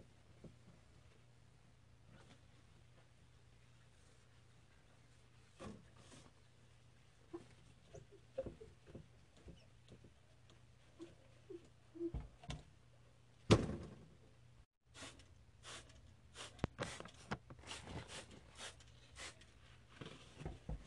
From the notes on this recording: mirror cleaning